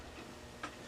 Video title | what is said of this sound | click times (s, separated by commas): Lexmark B2338 - How to Change Your Drum - Onyx Imaging | once you hear it click then you know it's installed | 0.6 s